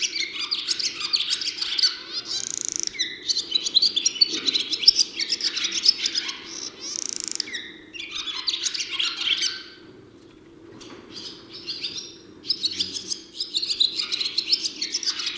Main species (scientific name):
Hirundo rustica